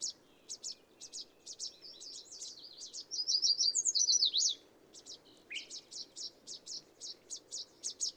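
Bird song of quick high chips repeated in runs, broken by one loud, rapid zigzag trill midway, with noticeable low background hum.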